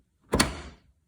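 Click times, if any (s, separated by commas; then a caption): 0.3 s, 0.4 s. The top ball socket of a new Hansshow power trunk strut on a Tesla Model 3 is pressed by hand onto the upper ball stud on the trunk hinge. Two sharp snaps are heard at 0.3 s and 0.4 s, followed by a short fading rattle, and the socket is seated on the stud.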